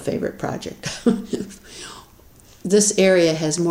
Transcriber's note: laughs